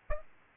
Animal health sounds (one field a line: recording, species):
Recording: mosquito wingbeat signal from an infrared sensor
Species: Aedes albopictus